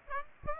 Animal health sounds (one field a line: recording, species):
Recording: mosquito wingbeat signal from an infrared sensor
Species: Aedes aegypti